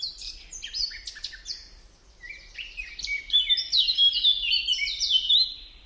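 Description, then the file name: Eurasian blackcap singing a rapid, chattering warble that swells into louder, clearer fluting whistles toward the end, notes tumbling several per second. "Sylvia atricapilla"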